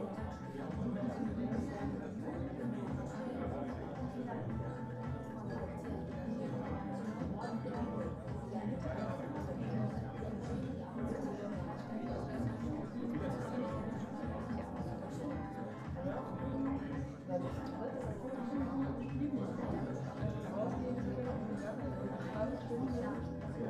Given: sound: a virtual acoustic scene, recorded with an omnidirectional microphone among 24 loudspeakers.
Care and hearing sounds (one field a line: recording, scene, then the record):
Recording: noise of the scene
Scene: pub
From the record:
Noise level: 74 dB SPL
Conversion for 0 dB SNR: 1.6 dB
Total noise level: 75.6 dB SPL